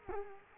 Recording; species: mosquito wingbeat signal from an infrared sensor; Culex quinquefasciatus